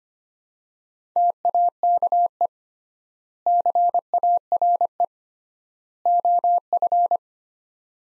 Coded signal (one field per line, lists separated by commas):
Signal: Morse code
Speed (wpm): 25 wpm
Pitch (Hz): 700 Hz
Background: none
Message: TAKE CARE OF